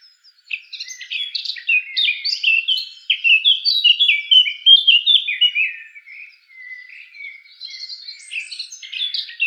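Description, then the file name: Eurasian blackcap song, a rambling high warble of varied chips and slurs, turning quieter toward the end. "Sylvia atricapilla"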